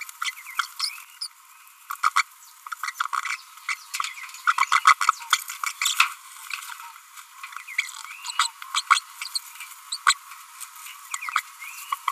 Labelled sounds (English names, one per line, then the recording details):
Green-rumped Parrotlet babbling
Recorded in a nest box in Venezuela
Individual 18B25A3